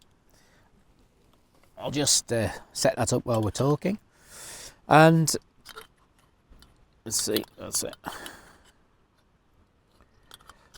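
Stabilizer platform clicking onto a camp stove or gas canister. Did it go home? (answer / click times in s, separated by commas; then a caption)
yes / 10.3 s. Someone talks while a stove stabilizer platform is fitted onto a camp stove or gas canister during setup. After a few small handling taps, the platform clicks into place at 10.3 s and is seated, giving the stove a big platform.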